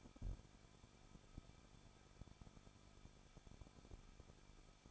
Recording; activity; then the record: daily activity, microphone in the room; no activity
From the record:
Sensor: 5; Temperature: 20.9 degrees Celsius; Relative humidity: 38.1%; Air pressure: 1006.5 hPa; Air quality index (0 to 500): 187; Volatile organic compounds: 18 ppm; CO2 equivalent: 2628 ppm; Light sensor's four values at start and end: 2/3/1/1 and 2/3/1/1